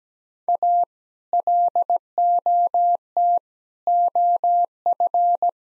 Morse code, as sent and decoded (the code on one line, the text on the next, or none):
.- / .-.. --- - / --- ..-.
A LOT OF